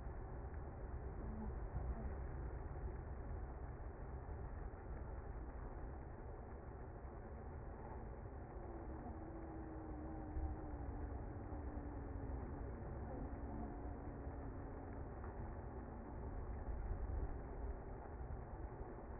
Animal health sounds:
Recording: honeybee colony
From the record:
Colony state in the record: active

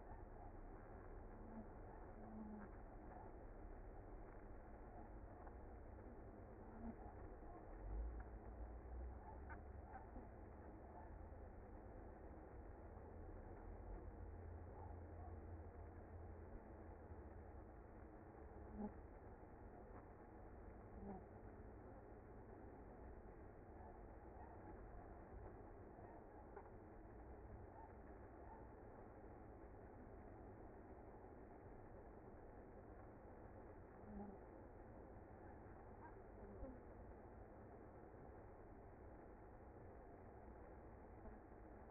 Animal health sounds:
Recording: honeybee colony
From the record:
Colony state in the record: active

